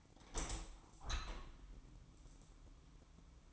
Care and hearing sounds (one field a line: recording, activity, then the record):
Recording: daily activity, microphone in the room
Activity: open window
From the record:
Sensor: 1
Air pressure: 1000.5 hPa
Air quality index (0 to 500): 177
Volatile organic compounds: 4 ppm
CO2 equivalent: 1631 ppm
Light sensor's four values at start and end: 10/24/10/11 and 10/25/10/12